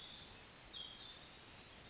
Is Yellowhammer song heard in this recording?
no